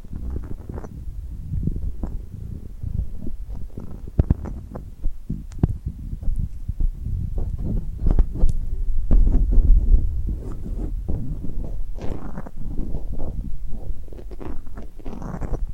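Tingly sounds of glue-covered hands: constant soft sticking, peeling and rubbing, mostly low and muffled with frequent quick crackles and pops. The texture stays dense and busy throughout, with a slightly louder, thicker stretch around eight to ten seconds.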